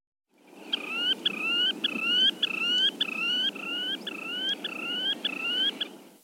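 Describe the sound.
Semipalmated Sandpiper calls: a steady series of short, rising notes, about two per second, over a low rumbling background.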